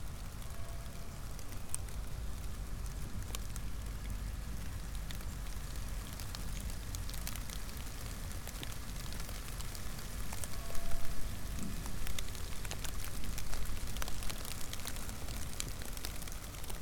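Rain falls steadily through a hardwood forest, a dense, even patter with scattered sharper drops ticking through it. A low rumble sits underneath the whole time. The drops grow a little heavier and busier from about ten to fourteen seconds.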